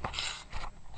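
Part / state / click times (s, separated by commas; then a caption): blade slide locking into a forearm-mounted housing / not seated / none. A homemade retractable hidden blade worn on the forearm is handled as its blade slide moves in the forearm-mounted housing, making dry scraping, crunching sounds with a brief sharp burst near 0.2 s and another right at the end. The hidden blade latch is not yet home, and nothing has locked or seated yet.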